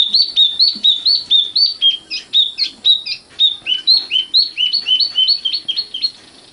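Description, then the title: Oriental magpie-robin song, fast string of sweet whistled notes rising and falling, about four per second, steady and varied. Kacer song. "Kicau Kacer"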